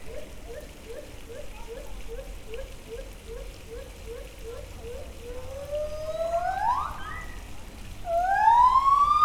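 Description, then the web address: White-handed gibbon: a steady train of brief hoots gives way to long rising whoops that climb sharply, growing louder toward the end. Captive gibbons at a zoo in Debrecen, Hungary, recorded in 2012; they warm up their voices and then move on. "allathangok debrecenizoo 2012 feherkezugibbon hangolnakmajdtovabballnak csobogo"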